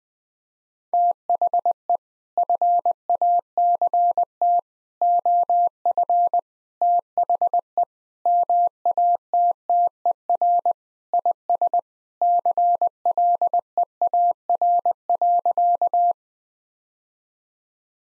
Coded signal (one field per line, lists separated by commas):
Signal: Morse code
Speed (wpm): 21 wpm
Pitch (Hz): 700 Hz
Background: none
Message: THE FACT OF THE MATTER IS CLEAR.